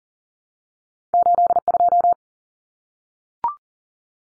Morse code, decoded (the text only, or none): 82